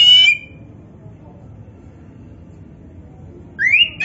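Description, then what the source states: Oriental magpie-robin: a single steady whistled note, silence, then a rising slurred whistle at the end. Indonesian name kacer poci; described as gacor.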